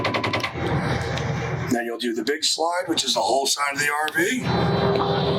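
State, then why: Torque reached. The bedroom slide-out drive on a 2016 Coachmen Mirada RV is powered in until it reaches its stop at the end of its travel into the RV wall. It makes a repeated clicking, with sharp clicks at 0.3 s and 1.2 s, signalling that the bed is all the way in. Someone then talks over a steady background hum.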